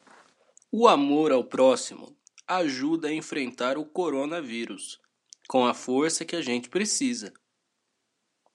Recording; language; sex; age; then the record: spoken sentence; Brazilian Portuguese; male; 18 to 19 years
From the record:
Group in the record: control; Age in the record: 19 years